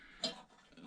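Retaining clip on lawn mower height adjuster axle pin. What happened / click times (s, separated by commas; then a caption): The retaining clip snapped into place on the pin / 0.2 s. A retaining clip on the height adjuster axle pin of a Mountfield WL484 lawn mower is pressed down and clicks into place with a single sharp, bright click at 0.2 s. A faint decaying tail follows, and the clip is fully seated.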